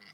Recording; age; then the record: pig call; piglet (1 to 25 days)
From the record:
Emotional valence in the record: positive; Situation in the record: reunion after long isolation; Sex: female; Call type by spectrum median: high-frequency call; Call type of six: low-frequency tonal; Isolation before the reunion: 8 minutes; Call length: 0.13 s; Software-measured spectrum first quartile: 1628 Hz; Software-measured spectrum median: 2692 Hz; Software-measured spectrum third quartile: 4615 Hz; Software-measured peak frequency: 1998 Hz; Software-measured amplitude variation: 124 dB a second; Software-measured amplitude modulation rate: 18.7 a second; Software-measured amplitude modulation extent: 6.6 dB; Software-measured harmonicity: 1.6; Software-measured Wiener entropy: -1.39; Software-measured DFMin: 869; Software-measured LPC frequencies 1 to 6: 1352, 2031, 2910, 4760, 8193, 9171 Hz